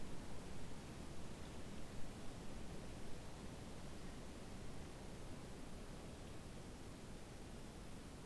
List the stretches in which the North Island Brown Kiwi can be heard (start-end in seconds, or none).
none